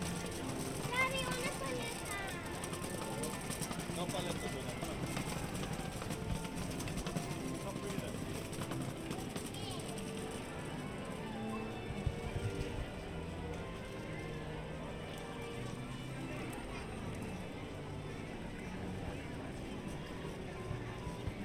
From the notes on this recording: A relaxing audio journey through Disneyland park in Anaheim, California.